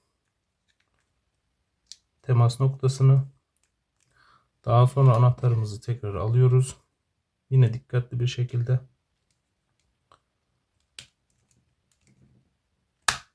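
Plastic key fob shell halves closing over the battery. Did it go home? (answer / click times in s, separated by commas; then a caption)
yes / 11.0 s, 13.1 s. Someone talks while pressing the two plastic halves of a Ford car key fob shell back together over a newly replaced CR2032 coin cell battery. Sharp snap sounds are heard at 11.0 s and 13.1 s, the second much louder, as the shell halves seat closed.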